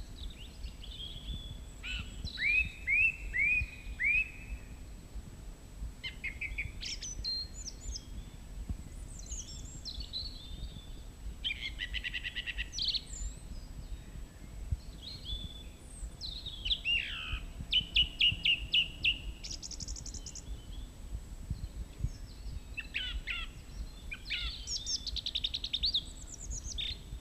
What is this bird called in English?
Song Thrush